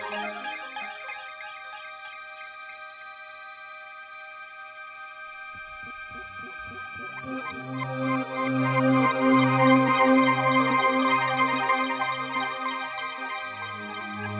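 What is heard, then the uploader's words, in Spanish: A soundscape recalling the sounds of old video game consoles: steady electronic tones hold through the clip. From about six seconds a low pulsing bass line enters and builds, getting louder and busier with bright buzzy notes before easing slightly near the end. Un paisaje sonoro que remite a los sonidos de las consolas viejas de videojuegos.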